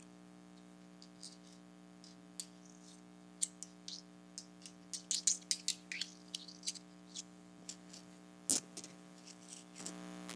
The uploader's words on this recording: ASMR Tapping Tiny Rocks Together.